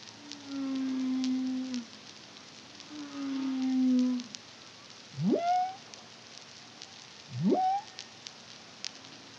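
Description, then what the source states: Humpback whale song: two long, rich moans held steady then dipping slightly, followed by two sharp rising whoops that curl at the top. Song, recorded in the Caribbean (CARIMAM) in 2023.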